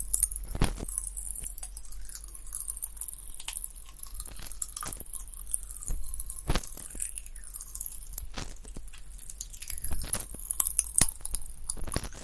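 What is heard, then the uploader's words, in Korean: Popping candy crackles and snaps while someone eats it, a steady fizz of tiny bright pops with sharper cracks every second or so, clustering around the middle and near the end. A faint thin tone wavers underneath, with soft chewing throughout. 톡톡톡 팝핑캔디 eating sound. 이번에는 소니 핀마이크로 가져왔어요.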